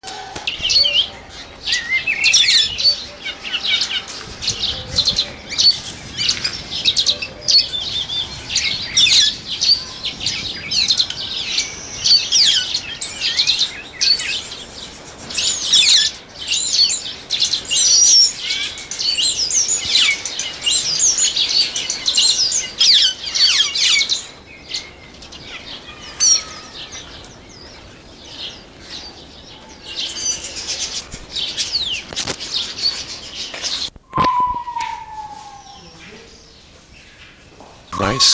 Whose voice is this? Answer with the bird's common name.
White-headed Buffalo-Weaver